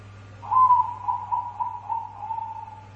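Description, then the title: Dove cooing: one clear hooting note that runs into a pulsed, slowly falling string of soft coos lasting about two seconds, over a steady low electrical hum. "Canto Da Pomba"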